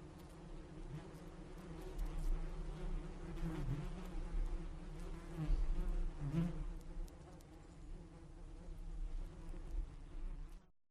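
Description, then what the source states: Bees buzzing in flight: a low droning hum that rises and falls in loudness, with layered tones. Bees flying.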